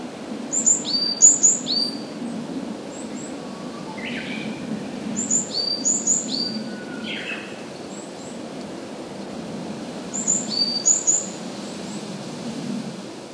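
Varied tit calls: very high thin notes in short clusters of two or three, repeated in bursts, with a few lower chirps between and a low steady background hum.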